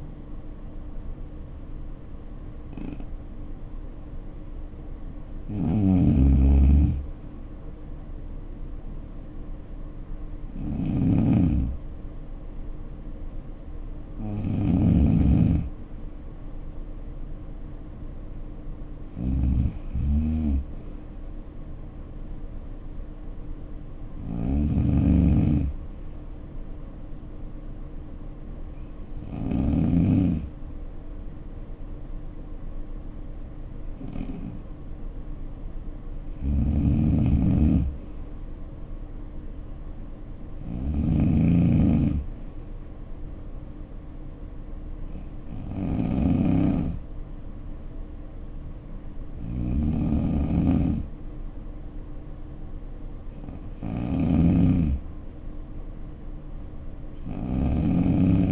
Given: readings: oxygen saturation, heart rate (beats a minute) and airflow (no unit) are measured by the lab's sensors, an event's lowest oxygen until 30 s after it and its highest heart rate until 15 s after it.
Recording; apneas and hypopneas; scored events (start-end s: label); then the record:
breathing in sleep by a smartphone at the bedside; 1
12.00-36.00 s: hypopnea (N2, oxygen 94% highest, then 90% lowest, heart rate 61 at the start, 65 highest)
From the record:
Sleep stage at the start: N2 (light sleep); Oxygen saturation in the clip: 78 to 94%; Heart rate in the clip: 57 to 71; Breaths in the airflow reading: 12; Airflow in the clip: -6.2 to 5.8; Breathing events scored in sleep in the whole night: 520 in 7.2 hours asleep